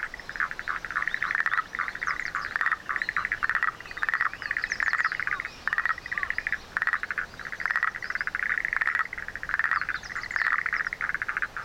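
Frog calling: fast pulsed rattling calls repeated in bursts throughout, with faint high chirping notes in the background.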